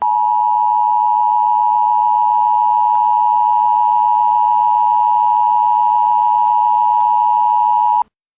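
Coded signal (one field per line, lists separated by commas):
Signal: Emergency Alert System (SAME) tones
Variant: 853 and 960 Hz attention tone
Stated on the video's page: Fictional EAS alerts: civil danger warnings for Scranton, PA and national, emergency action notification, emergency action termination and an administrative message.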